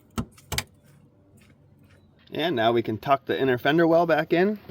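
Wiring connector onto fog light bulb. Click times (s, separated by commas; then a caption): 0.5 s, 0.6 s. A plastic wiring connector is lined up and pushed onto the base of a fog light bulb on a 2017–2022 Honda CR-V until it locks, giving sharp clicks at 0.5 and 0.6 seconds that show it has seated. After a quiet pause, someone talks.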